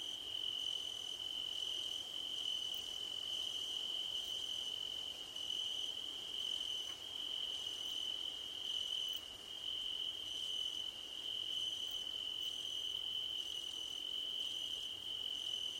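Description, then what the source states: Night crickets singing, an even shrill drone with regular, higher chirping bursts repeating throughout. Crickets chirping at night under a starlit sky; nighttime ambience.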